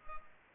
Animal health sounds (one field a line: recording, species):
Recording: mosquito wingbeat signal from an infrared sensor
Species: Culex pipiens